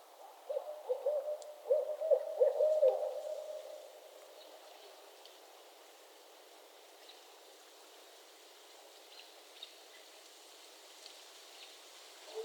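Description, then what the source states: Barred owls give a short burst of cackling hoots in the first few seconds, followed by constant background hiss with faint ticks. Several owls calling during the mating season in northern Michigan; traffic and occasional aircraft noise in the background.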